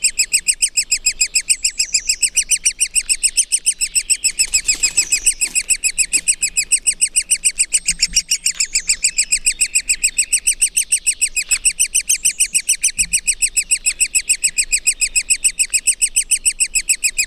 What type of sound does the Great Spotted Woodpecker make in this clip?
call